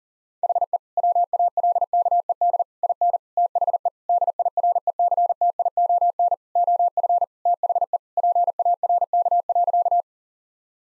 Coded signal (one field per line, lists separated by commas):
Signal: Morse code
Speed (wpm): 40 wpm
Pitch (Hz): 700 Hz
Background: none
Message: HE WALKED IN THE DIRECTION OF THE PARK.